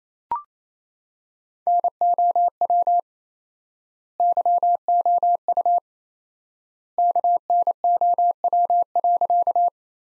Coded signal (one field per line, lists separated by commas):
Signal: Morse code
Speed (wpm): 28 wpm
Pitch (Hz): 700 Hz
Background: none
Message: NOW YOU KNOW.